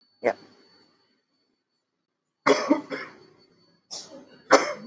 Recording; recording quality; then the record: heavy voluntary cough; excellent, no background noise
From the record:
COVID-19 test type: RT-PCR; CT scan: not taken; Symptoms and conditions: cough, cold, fever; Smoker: yes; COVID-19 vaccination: both doses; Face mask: worn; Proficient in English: yes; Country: India